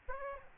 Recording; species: mosquito wingbeat signal from an infrared sensor; Aedes albopictus